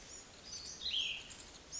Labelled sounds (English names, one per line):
Cassin's Vireo